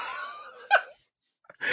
It's just the sound of hiccups.